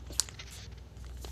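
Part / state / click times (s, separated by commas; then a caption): ear cushion onto headphone ear cup / seated / 0.2 s. A replacement ear cushion is pressed onto the ear cup of a pair of QuietComfort 25 headphones and snaps into place with one sharp click at 0.2 s. A few faint handling ticks follow, and the cushion is seated.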